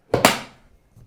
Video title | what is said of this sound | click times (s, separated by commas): The Magpul Bottom Line - DAKA Hard Cases | and the latch has an audible click and we know that it's closed and we know that it's locked | 0.1 s, 0.2 s